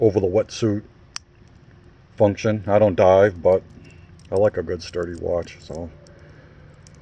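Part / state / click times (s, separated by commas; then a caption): diver's extension folding into a steel watch bracelet clasp / seated / 6.9 s. Someone talks while the diver's extension on the steel bracelet clasp of a 2003 Breitling Superocean A17360 1500M watch is folded back and the clasp is pressed closed, with a sharp tick near 1.2 s. The clasp snaps into place with a small click at 6.9 s, seating well.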